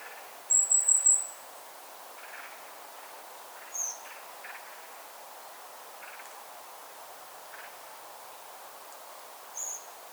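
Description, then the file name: Eurasian blackbird starting with a quick run of four thin, high-pitched notes, followed by two single sharp calls later, over low steady background hiss. "Turdus merula"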